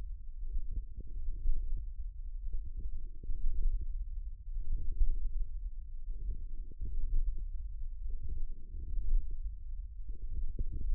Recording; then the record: forearm muscle sounds (acoustic myography)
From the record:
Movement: hand closing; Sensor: system 1, eight BSWA MPA416 microphones around the upper forearm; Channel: 6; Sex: female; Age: 21 years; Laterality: right